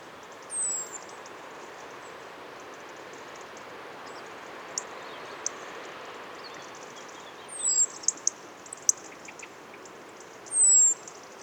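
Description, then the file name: European robin giving thin, high descending whistled calls, three widely spaced notes, with a few faint clicks against a steady hiss. "Erithacus rubecula"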